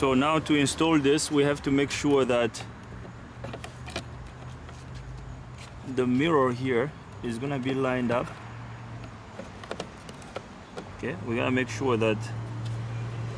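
A replacement side mirror glass for a VW Jetta is lined up against the mirror motor backing plate in the mirror housing before being pushed in, while someone talks. Small plastic-on-plastic handling and contact taps come around 3.4–4.7 s and 9.6–10.4 s over a steady low hum. The glass has not clicked into place yet.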